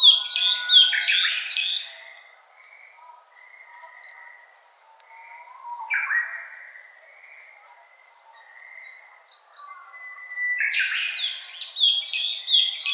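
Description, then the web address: Brown-eared bulbul with strident, squawking shrill calls opening and closing, separated by quieter whistled and buzzy notes. Recorded on 23 April 2014. "birdenaga hiyodori"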